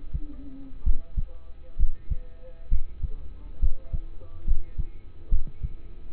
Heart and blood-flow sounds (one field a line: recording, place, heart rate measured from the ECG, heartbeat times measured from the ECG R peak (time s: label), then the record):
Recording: heart sounds by stethoscope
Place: between the tricuspid and mitral areas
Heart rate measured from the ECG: 68 bpm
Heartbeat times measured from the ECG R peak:
0.84 s: heartbeat
1.77 s: heartbeat
2.69 s: heartbeat
3.60 s: heartbeat
4.45 s: heartbeat
5.30 s: heartbeat
6.12 s: heartbeat
From the record:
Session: rest, lying down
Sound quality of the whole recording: partially saturated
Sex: male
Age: 27 years